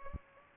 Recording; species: mosquito wingbeat signal from an infrared sensor; Culex pipiens